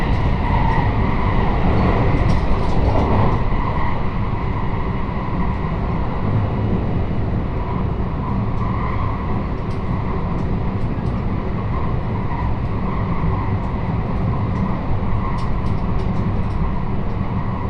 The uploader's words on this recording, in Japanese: 山陽本線・赤穂線 姫路→播州赤穂。まだ5時台の電車ですが早起きして乗車します。播州赤穂行きの列車は223系の4両編成。